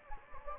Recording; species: mosquito wingbeat signal from an infrared sensor; Anopheles gambiae